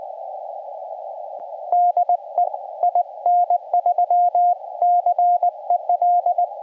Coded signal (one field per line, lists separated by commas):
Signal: Morse code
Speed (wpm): 20 wpm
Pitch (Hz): 710 Hz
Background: radio noise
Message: DE IN3CEL